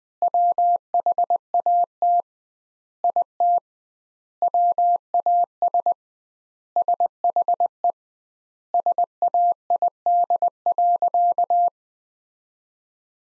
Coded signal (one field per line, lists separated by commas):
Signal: Morse code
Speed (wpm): 20 wpm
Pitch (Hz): 700 Hz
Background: none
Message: WHAT IT WAS SHE SAID.